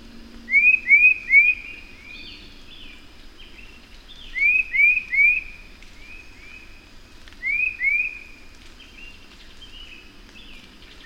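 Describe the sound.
Bird singing repeated groups of two or three upward-sliding whistles, each group followed by softer trailing notes, over a low constant hiss.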